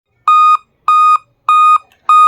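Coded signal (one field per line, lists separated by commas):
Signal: beep code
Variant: Dell laptop POST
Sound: repeated short steady electronic beeps, about 0.3 s each, four heard before cutoff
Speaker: এই ডেল ল্যাপটপটি আমরা মূলত দেখলাম যে আমাদের কাছে আসছে অন হইলে শুধু টোটো শব্দ করে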